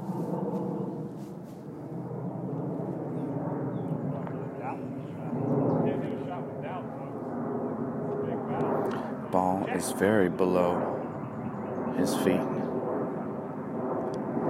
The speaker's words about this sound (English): The plane is flying over his head. Hopefully that distracts him.